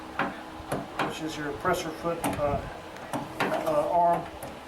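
A quick-release presser foot is handled as it is refitted onto the presser arm of a Consew P1541S-CC industrial sewing machine while someone talks. Short knocks and taps of handling are heard throughout. Nothing has seated or clicked yet.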